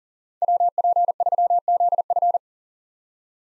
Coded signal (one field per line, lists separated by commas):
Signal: Morse code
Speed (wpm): 40 wpm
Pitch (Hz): 700 Hz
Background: none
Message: WP3ZF